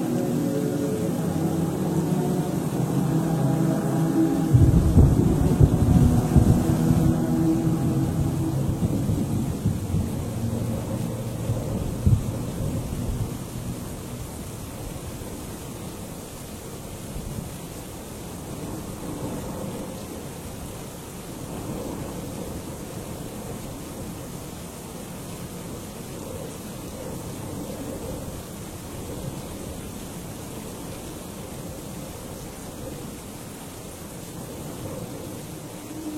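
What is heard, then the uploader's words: A stormy ambience inside a monastery: a deep roll of thunder swells in the first seconds, peaking around five seconds with a heavy low rumble, then slowly fades by about twelve seconds. Afterward a steady, muffled hiss of rain and wind continues, with faint low murmurs. Stormy Night In A Medieval Monastery. Stormy ambience in a monastery.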